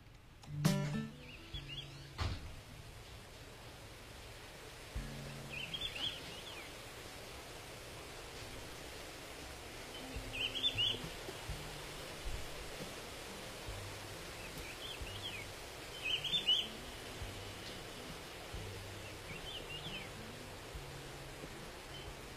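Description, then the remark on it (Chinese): Birds chirp in short, high bursts every few seconds over a steady, rushing hiss like flowing water. The whole scene is quiet and no one speaks. “鸟叫声有听到哈”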